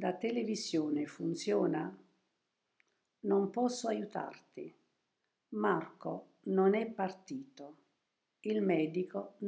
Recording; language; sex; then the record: read phrases; Italian; female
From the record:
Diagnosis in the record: healthy control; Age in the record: 72 years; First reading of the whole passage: 67 s, 7.5 characters per second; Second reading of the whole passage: 67 s, 7.5 characters per second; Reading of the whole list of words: 68 s, 4.2 characters per second